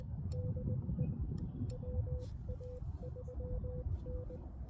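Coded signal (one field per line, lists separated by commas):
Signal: Morse code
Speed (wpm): 19 wpm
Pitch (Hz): 500 Hz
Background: none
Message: DE WA3N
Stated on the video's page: Morse during a POTA and LLOTA park activation, using a QMX mid-band, X6200 with XPA125B amplifier, Putikeeg key and 20 m hamstick.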